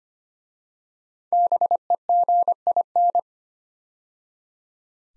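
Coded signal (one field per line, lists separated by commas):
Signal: Morse code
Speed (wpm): 25 wpm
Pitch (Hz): 700 Hz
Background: none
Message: BEGIN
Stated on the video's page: Morse drill of 5-letter words at 25 wpm, each word sent twice after its first three letters are spoken.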